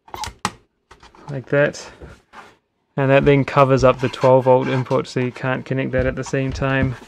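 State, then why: Seated. A battery mount adapter plate is slid onto the back of a video monitor, past its release lever, and latches into place with one sharp, loud click at 0.5 s. The plate is seated, covering the monitor's 12 volt input so both cannot be connected at once. Someone talks throughout.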